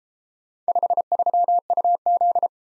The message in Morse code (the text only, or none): 53UZ